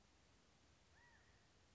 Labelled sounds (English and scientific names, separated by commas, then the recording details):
California Quail (Callipepla californica)
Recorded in Sonoma County, California